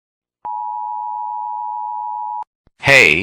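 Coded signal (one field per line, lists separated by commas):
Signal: Emergency Alert System (SAME) tones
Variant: 853 and 960 Hz attention tone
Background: speech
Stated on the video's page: Parody containing possibly valid EAS tones.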